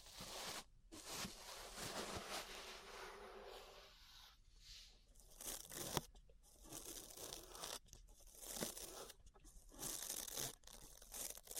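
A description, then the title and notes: Ear brushing with scratchy, crinkling strokes that swell and fade irregularly, broken by brief near-silent gaps around one, six and ten seconds. ASMR Relaxing 3Dio Ear Brushing (No Talking).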